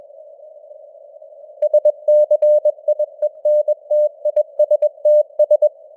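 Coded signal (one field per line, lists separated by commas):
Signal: Morse code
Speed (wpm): 21 wpm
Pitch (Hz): 600 Hz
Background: none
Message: SCIENTISTS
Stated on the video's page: Simulated Morse news broadcast at 21 wpm with artificial radio noise and varying signal strength (QSB).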